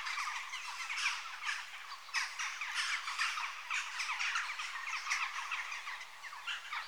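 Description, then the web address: Western jackdaws chattering as a flock, dense harsh chack notes overlapping throughout with slightly louder bursts here and there. Adult birds. "BBC Sound Effects Library (Birds) Jackdaw (Corvus Monedula) Adults"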